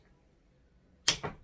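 A metal ratchet pin, or pawl, is moved into position on a loom's back-beam warp ratchet while the warp is wound on. After a quiet stretch, it clicks sharply into place at 1.1 s, and a softer second knock follows about 0.2 s later. The pawl is seated.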